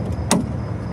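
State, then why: Seated. The bottom end of a gas hood lift strut on a 1984 Cadillac Seville is pushed onto its ball stud, and its retaining clip snaps in with a sharp, bright click at 0.3 s over a steady low hum. The clip is seated on the stud.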